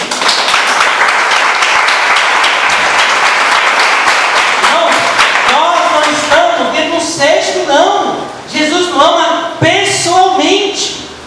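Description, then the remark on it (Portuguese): An audience bursts into sustained applause for Jesus, a dense wash of many hands clapping for several seconds, then a voice begins speaking over the fading clapping. “Aplauda Jesus por isso.”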